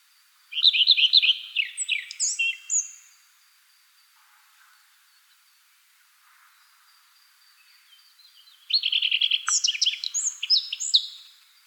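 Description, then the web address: Redstart song: two short phrases about eight seconds apart, each a quick descending jingle followed by thin high notes and scratchy varied twittering at the end. "animal-sound redstart-sound"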